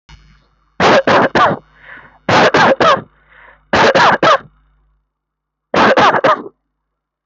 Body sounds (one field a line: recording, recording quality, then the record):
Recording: shallow voluntary cough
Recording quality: moderate, slight background noise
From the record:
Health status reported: healthy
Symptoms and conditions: none ticked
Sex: male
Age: 28 years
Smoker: not ticked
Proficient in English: yes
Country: India